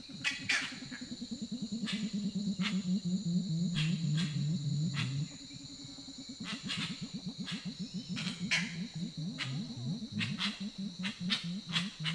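Grey-winged trumpeter with deep, droning hoots, first a continuous low rolling hum, then a quick pulsing series of low notes, over sharp high clicks and insect whine.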